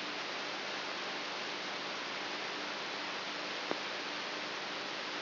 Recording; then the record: brain microelectrode recording played as sound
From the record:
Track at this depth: inside the subthalamic nucleus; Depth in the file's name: 4.64 mm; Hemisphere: right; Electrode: 3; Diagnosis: Parkinson's disease